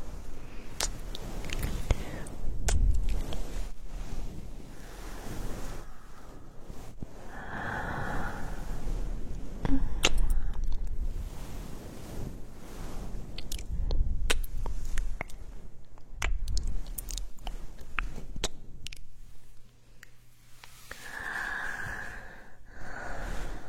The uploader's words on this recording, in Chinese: 按摩耳朵刺激大脑。